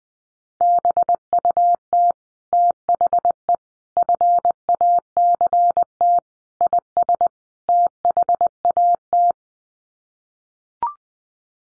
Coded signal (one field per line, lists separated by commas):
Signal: Morse code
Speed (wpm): 20 wpm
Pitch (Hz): 700 Hz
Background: none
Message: BUT THE FACT IS THAT